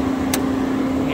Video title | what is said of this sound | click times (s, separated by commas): Is the Aston Martin DB9 the best option for the savvy collector? Few useful tips to keep in mind | hear that click you know you've done it | 0.3 s